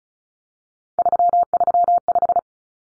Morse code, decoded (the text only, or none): 335